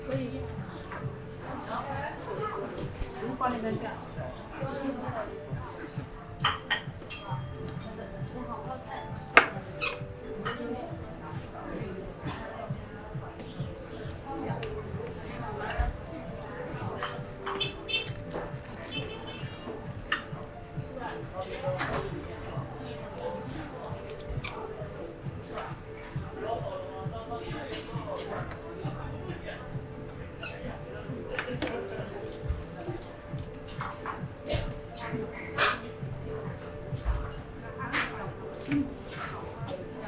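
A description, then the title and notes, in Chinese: A visit to Xiang'er Hutong for a bowl of noodles, with talk going on steadily throughout the 40 seconds. Overlapping voices, occasional clinks and shuffling sit over a constant low hum, with a sharp knock around the nine-second mark. 去香饵胡同吃小面｜城市声音。下午。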